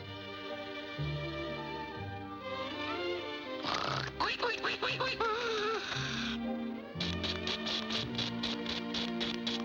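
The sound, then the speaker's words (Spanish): A wavering, warbling run of duck mating-call quacks in a Spanish-dubbed Looney Tunes and Merrie Melodies cartoon rises over a steady, rhythmic musical backing with deep bass notes, loud and continuous for several seconds. “Graznido de apareamiento.”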